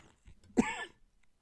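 A single short, harsh cough from an aging man who is sick with a sore throat and congestion, preceded by faint breathy throat noise. It is one forceful burst lasting under half a second, with a rough, slightly throat-clearing quality.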